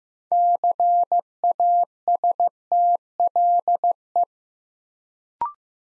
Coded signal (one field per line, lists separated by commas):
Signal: Morse code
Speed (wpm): 15 wpm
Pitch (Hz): 700 Hz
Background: none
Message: CASTLE